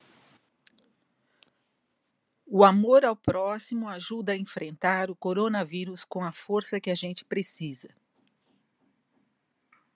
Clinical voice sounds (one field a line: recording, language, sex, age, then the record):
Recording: spoken sentence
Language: Brazilian Portuguese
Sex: female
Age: 60 to 69 years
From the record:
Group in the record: control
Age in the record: 66 years